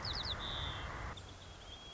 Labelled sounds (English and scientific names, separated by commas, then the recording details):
White-crowned Sparrow (Zonotrichia leucophrys)
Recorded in Sonoma County, California